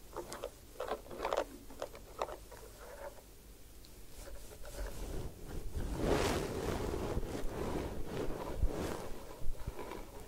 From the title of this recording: Head Spa Hair Wash, Massage, Ear Cleaning